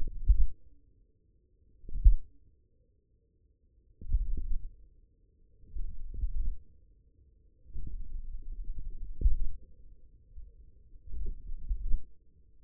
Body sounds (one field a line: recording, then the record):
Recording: forearm muscle sounds (acoustic myography)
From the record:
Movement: finger pinch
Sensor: system 1, eight BSWA MPA416 microphones around the upper forearm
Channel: 5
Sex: male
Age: 54 years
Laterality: right